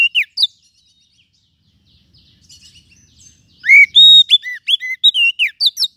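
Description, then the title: Lovebird calls: two brief shrill chirps, a quiet pause with faint twittering, then a rapid burst of loud whistled, overtone-rich chirps. Lovebird call used as a lure (pikat) to attract lovebirds. "PIKAT BURUNG LOVEBIRD"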